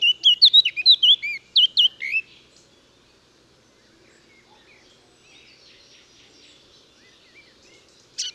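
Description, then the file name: Eurasian blackcap warbling: a quick burst of varied whistled and twittering notes for about two seconds, then near silence with faint high chatter and one sharp note at the end. "Sylvia atricapilla"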